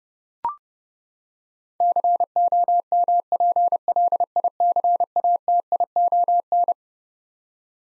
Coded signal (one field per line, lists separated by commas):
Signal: Morse code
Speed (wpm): 32 wpm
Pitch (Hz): 700 Hz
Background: none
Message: COMPLICATION